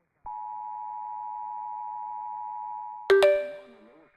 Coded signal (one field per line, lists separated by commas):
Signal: Emergency Alert System (SAME) tones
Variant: 853 and 960 Hz attention tone